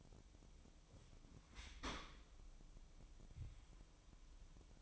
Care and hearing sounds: daily activity, microphone in the room; open dishwasher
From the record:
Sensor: 1

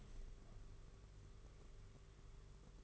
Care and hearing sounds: daily activity, microphone in the room; open window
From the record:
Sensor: 4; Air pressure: 991.1 hPa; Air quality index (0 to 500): 154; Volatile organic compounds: 107 ppm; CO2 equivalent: 3800 ppm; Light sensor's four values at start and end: 6/14/5/6 and 6/15/5/6

